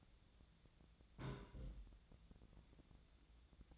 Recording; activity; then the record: daily activity, microphone in the room; place on stove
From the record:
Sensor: 3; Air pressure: 1009.9 hPa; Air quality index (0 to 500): 188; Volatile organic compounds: 14 ppm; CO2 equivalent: 2449 ppm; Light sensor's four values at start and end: 42/104/45/48 and 42/104/45/48